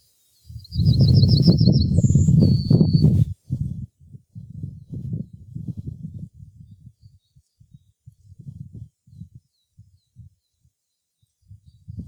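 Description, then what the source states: Yellowhammer song, a fast trill of repeated high notes ending in a higher drawn-out note and a lower one, over low rumbling noise that continues afterwards. Recorded 19 March 2016.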